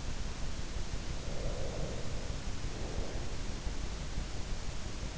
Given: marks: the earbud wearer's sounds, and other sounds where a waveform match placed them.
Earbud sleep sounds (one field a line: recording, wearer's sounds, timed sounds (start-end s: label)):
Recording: sounds in sleep by an in-ear microphone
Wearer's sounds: breath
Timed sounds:
1.11-3.47 s: breath